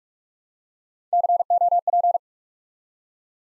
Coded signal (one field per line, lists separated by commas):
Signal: Morse code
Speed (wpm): 44 wpm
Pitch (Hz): 700 Hz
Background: none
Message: COP